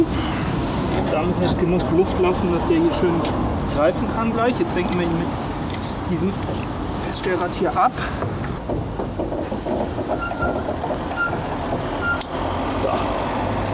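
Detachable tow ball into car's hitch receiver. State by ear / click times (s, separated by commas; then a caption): seated / 12.2 s. A removable steel tow bar, a detachable tow ball, is pushed into its hitch receiver under the rear of a Tesla Model 3 while someone talks over steady outdoor background noise. A single sharp metallic snap at 12.2 s marks the ball seating in the receiver, and the indicator points to the plus/green mark, showing it is properly engaged.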